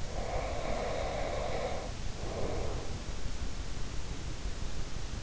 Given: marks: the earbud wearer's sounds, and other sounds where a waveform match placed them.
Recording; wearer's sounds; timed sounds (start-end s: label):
sounds in sleep by an in-ear microphone; breath
0.11-3.00 s: breath